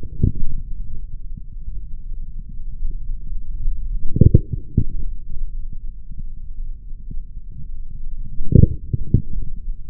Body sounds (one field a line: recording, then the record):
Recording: forearm muscle sounds (acoustic myography)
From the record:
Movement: forearm supination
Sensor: system 3, bracelet of six PUI Audio POM-2738L microphones around the upper forearm, with dedicated amplification and filtering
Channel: 1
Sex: male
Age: 43 years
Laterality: right